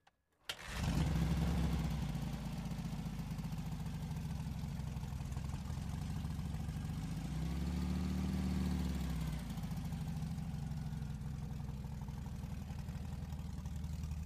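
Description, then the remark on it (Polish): A custom motorcycle assembled from Ural, Emka and Dnepr parts with a 1200 cc Beetle engine starts up and settles into a deep, steady idle, its low throbbing rumble swelling briefly around the middle before evening out again. No one speaks. “Jest to składak trochę Urala, trochę Emki, trochę Dniepra. No i jest to niesamowity motor.”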